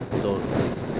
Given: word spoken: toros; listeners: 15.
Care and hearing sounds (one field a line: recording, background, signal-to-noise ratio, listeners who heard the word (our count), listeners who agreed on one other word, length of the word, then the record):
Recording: one Spanish word in noise, from a listening test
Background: noise modulated by three-talker babble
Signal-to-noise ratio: -4.1 dB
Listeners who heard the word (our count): 1 of 15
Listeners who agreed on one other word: 8 of 15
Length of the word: 0.60 s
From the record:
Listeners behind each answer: 8, 2, 1, 1, 1, 1, 1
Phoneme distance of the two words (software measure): 10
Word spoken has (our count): 2 syllables, 5 phonemes, stress on syllable 1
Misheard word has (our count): 2 syllables, 5 phonemes, stress on syllable 1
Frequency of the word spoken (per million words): 38.96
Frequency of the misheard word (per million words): 1036.77